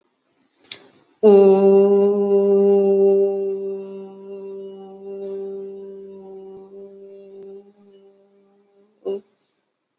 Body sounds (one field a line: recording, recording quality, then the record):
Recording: sustained vowel as in boot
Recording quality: excellent, no background noise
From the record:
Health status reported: exposed to COVID-19, no respiratory illness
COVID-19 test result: negative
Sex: female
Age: 29 years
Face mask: worn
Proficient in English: yes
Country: India